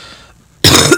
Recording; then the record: coughing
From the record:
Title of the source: Wet coughing